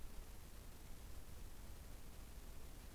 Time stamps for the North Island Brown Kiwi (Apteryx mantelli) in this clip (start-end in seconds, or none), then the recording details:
none. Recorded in New Zealand on 15 November 2013. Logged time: 00:43. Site BV22